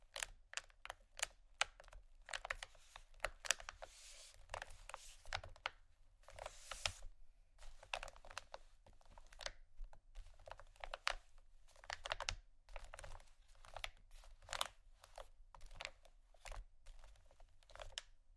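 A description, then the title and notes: Fast tapping and scratching in quick, uneven bursts of sharp clicks and scrapes, with brief pauses and a low steady hum underneath throughout. ASMR Fast Tapping & Scratching （No Talking）.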